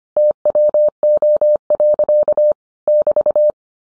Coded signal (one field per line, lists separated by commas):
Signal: Morse code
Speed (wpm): 25 wpm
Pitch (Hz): 600 Hz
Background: none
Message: TWO. <BT>